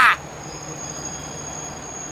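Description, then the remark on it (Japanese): A train running along railway tracks deep in the mountains: a brief sharp burst at the start, then a steady, even rumbling wash of noise with a thin, high whine held throughout. “幻聴じゃないぞ、向こうの線路だ、あの列車に”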